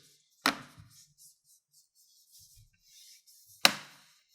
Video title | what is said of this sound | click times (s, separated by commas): Asus Zephyrus S GX531GWR Teardown And Cleaning - How To Fix Laptop Overheating | there we go there's a couple clicks and you see that it's all seamed up | 0.5 s, 3.7 s